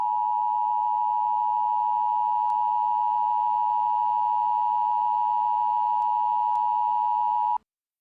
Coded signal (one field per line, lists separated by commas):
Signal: Emergency Alert System (SAME) tones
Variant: 853 and 960 Hz attention tone